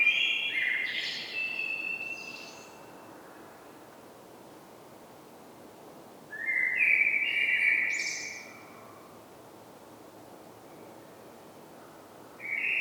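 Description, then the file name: Common blackbird singing rich fluted warbles, each followed by a short high squeaky twitter, with quiet pauses between phrases and a new phrase starting at the end. "Turdus merula"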